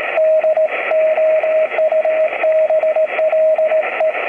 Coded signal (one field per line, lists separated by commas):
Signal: Morse code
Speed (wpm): 18 wpm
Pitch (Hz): 620 Hz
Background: radio noise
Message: DOUBLE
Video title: NI9Y HW-9 QRP RIG on Icom IC-703